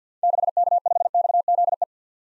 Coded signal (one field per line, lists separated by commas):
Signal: Morse code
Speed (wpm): 50 wpm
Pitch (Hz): 700 Hz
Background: none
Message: 6K5XZE